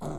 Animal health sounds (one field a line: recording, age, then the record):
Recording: pig call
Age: piglet (1 to 25 days)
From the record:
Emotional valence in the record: negative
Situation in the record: long isolation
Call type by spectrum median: low-frequency call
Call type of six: low-frequency stable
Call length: 0.20 s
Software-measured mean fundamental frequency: 71 Hz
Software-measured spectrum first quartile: 148 Hz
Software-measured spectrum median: 353 Hz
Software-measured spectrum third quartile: 775 Hz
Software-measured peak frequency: 155 Hz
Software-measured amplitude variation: 75 dB a second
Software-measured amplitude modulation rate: 17.7 a second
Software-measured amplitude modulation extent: 4.2 dB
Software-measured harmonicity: -2.0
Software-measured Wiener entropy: -0.41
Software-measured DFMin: 1074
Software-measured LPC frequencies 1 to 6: 631, 1179, 3477, 4075, 4728, 6831 Hz